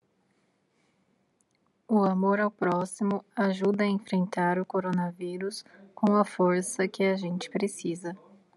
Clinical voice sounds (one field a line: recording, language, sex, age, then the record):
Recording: spoken sentence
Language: Brazilian Portuguese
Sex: female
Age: 30 to 39 years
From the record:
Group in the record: control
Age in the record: 30 years